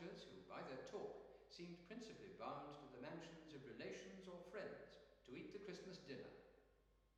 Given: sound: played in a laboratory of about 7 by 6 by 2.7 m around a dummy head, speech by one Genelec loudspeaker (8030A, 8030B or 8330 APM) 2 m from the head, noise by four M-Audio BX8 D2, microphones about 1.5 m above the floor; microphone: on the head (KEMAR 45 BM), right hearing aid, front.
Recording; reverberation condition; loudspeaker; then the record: male speech in English; high; 60 degrees to the right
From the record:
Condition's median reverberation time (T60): about 1300 ms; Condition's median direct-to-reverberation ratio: about -4.0 dB